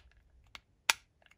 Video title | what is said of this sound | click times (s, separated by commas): Nintendo Game & Watch - FIRE (RC-04) Unboxing and Gameplay | Okay, and then you'll hear a little click when you put them in and click them in. | 0.9 s